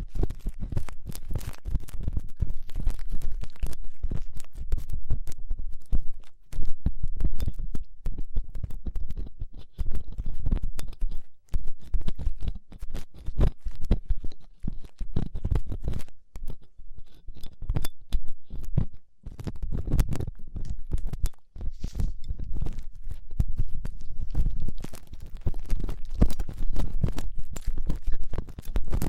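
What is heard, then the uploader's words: Continuous rubbing and scratching, like gloved fingers and a cotton swab working against a microphone, with dense crackly clicks and soft low thumps. The texture stays busy throughout, with brief quiet gaps around 11, 19 and 21 seconds. ASMR 3Dio Ear Cleaning Latex Gloves, Dental Pick, Cotton Swabs (No Talking).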